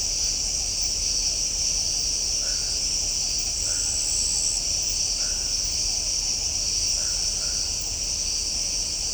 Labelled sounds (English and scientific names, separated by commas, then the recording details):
none
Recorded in shrubland near Pivijay, Magdalena, Colombia, on 4 June 2023 at 01:00
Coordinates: 10.453, -74.365
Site P5-G022